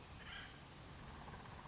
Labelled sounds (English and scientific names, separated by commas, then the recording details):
Acorn Woodpecker (Melanerpes formicivorus)
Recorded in Sonoma County, California